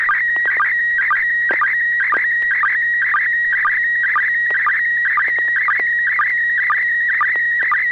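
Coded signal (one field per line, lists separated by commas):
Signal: SSTV (slow-scan television)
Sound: whistling tone warbling around 2 kHz, with short low blips about twice a second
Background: low steady hum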